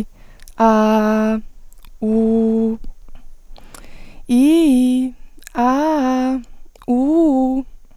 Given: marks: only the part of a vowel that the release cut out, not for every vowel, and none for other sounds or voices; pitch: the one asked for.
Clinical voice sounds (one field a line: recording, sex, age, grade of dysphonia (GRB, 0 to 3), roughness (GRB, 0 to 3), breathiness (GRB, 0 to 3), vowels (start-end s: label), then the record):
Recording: sustained vowels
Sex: female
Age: 20 to 29 years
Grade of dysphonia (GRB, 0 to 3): 0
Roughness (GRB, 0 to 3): 0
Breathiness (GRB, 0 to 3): 0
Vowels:
0.71-1.30 s: vowel /a/, low pitch
2.08-2.68 s: vowel /u/, low pitch
4.36-5.01 s: vowel /i/, low-high-low pitch
5.72-6.32 s: vowel /a/, low-high-low pitch
6.97-7.53 s: vowel /u/, low-high-low pitch
From the record:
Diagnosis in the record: healthy voice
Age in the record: 20 years